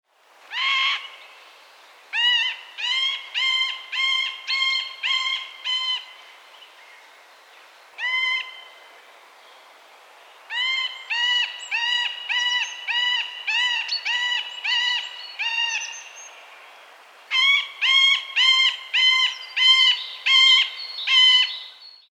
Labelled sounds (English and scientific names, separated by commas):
Middle Spotted Woodpecker (Dendrocopos medius)